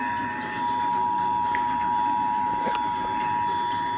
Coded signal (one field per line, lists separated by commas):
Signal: Emergency Alert System (SAME) tones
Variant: 853 and 960 Hz attention tone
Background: speech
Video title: Child Abduction Emergency EAS #104